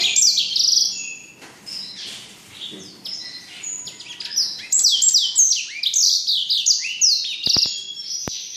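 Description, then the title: Black-throated canary singing a fast, rambling warble of high, sweeping whistled notes, softer for a stretch in the first half, with a few sharp clicks near the end. From Jombang. "Burung blackthroat Istimewa dari Jombang"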